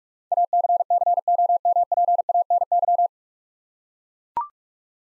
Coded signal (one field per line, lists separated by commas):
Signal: Morse code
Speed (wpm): 44 wpm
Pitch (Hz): 700 Hz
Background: none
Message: ACCOMPANY